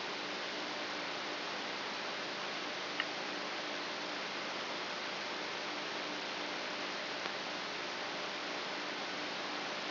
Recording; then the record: brain microelectrode recording played as sound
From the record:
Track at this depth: inside the subthalamic nucleus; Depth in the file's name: 7.043 mm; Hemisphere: left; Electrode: 3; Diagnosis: Parkinson's disease